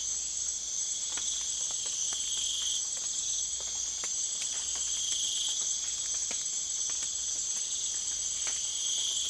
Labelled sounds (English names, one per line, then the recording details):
none
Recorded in secondary vegetation near Puerto Asís, Putumayo, Colombia, on 25 June 2025
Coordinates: 0.488, -76.319
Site G094